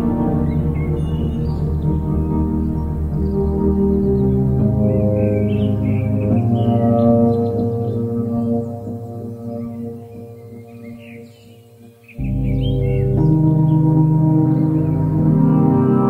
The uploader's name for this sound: Ambient Music Rainforest Sounds Birds